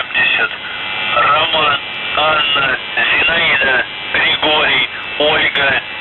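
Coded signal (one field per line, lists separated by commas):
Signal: numbers station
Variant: UVB-76 voice message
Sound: a voice reading words in short bursts over a narrow radio channel, no buzzing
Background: radio static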